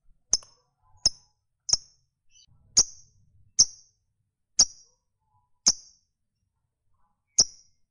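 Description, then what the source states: Lovebird giving short, sharp, high ticking chirps, single notes spaced roughly one second apart, with quiet pauses between. Fighter-type lovebird.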